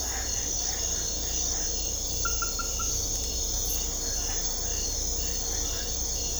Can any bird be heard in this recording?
no